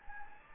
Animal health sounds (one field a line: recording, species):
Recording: mosquito wingbeat signal from an infrared sensor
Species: Anopheles gambiae